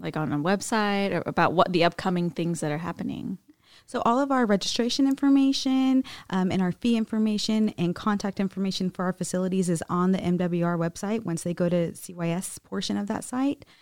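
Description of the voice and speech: A woman speaks fluently at an even pace after another voice finishes a question; ordinary, unremarkable conversational speech.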